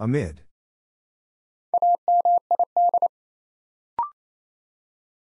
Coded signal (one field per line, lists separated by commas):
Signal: Morse code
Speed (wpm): 28 wpm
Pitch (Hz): 700 Hz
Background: none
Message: AMID